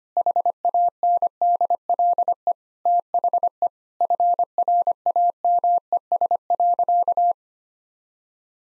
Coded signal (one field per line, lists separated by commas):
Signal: Morse code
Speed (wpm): 25 wpm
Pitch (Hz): 700 Hz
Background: none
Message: HANDLE THE FRAMES.